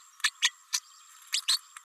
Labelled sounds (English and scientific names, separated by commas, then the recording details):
Green-rumped Parrotlet (Forpus passerinus) babbling
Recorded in a nest box in Venezuela
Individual 18B104A5